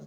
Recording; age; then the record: pig call; piglet (1 to 25 days)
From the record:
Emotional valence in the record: negative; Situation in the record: long isolation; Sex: male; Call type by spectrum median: low-frequency call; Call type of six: low-frequency stable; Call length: 0.07 s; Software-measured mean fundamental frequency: 39 Hz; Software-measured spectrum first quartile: 174 Hz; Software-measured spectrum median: 275 Hz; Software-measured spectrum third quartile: 665 Hz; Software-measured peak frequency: 213 Hz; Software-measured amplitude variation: 28 dB a second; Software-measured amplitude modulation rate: 7.2 a second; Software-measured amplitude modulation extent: 3.9 dB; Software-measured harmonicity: 2.4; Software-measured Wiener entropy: -0.19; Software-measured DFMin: 1585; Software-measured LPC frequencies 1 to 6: 498, 1359, 3376, 4109, 4980, 5834 Hz